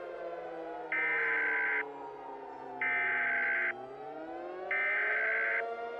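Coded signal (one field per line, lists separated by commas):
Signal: Emergency Alert System (SAME) tones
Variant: header bursts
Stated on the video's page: Fictional remastered EAS mini scenario of a nuclear plant radiological disaster, made with VoiceText Paul synthesized voice.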